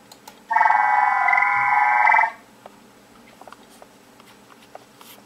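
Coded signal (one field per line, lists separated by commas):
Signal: digital SSTV (DRM)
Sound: a dense buzzing chord of many steady tones for about two seconds, then quiet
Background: faint clicks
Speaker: tadydle na začátku je 500 HZ a tady je 2 300 HZ takže ukázka ještě [Hudba] jednou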